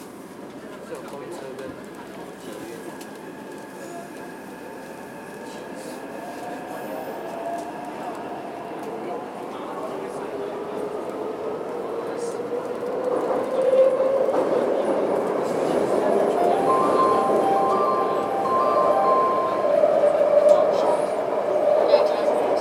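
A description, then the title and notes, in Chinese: Inside a metro train car, a steady low rumble gradually grows louder as the train picks up speed. From about the middle on, a rising motor whine and faint squealing tones sit over the rolling noise, with muffled passenger voices in the background. 鐵道、臺北捷運、淡水線、人聲。設備：Tascam DR-40x。搭乘臺北捷運淡水線從台北車站到民權西路站。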